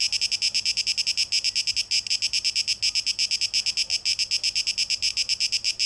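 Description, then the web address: Cicada song as a loud high rasping drone chopped into quick pulses, holding steady for the whole stretch. Recorded 12 August 2023; tape echo mix. "rauschpartikel Audio 2023-08-12 Zikaden (Tape Echo Mix)"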